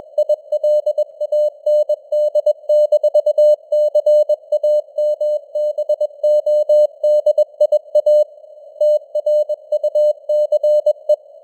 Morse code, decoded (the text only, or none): ILAND-CAMBODIA TRUCE